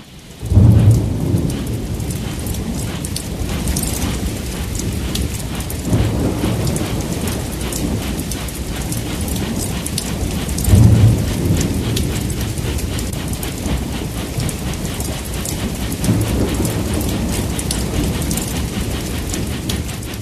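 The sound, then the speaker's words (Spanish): Heavy rain pours steadily outside a train, seen through the train windows, while deep rumbles of thunder roll in and out, with a couple of stronger booming swells rising above the constant hiss. “Los tres jóvenes se detuvieron un momento a pensar en esta observación hecha por Julio Ortiz de Zárate, mirando por las ventanillas del tren justo cuando comenzaba a llover copiosamente.”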